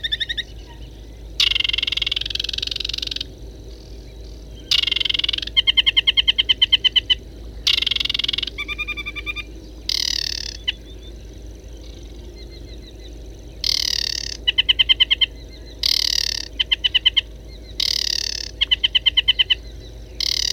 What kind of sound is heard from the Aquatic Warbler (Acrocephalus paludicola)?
song